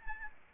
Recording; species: mosquito wingbeat signal from an infrared sensor; Aedes albopictus